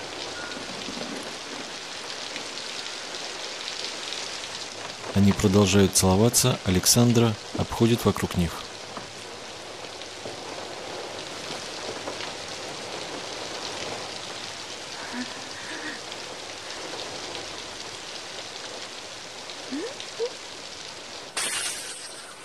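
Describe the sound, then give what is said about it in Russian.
Steady, even rain hisses outdoors on a street for the whole stretch while a voice speaks over it, broken midway by a brief louder burst of bright tonal sound. “свистит, берет зонтик и уходит под дождь на улицу.”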